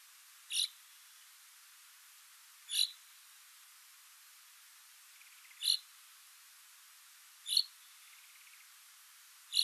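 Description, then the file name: Common chaffinch calling with brief, bright single notes spaced irregularly, roughly two to three seconds apart, five calls over a faint background hiss. "Fringilla coelebs"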